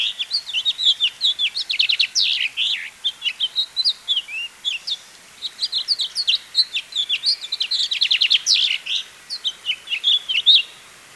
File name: House Finch Haemorhous mexicanus Marvin